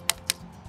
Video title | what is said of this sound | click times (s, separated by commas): How to grow veggies in pots: Episode 2 | just to tighten that up and you'll hear the clicking sound and it won't go any further so that one's secure | 0.1 s, 0.3 s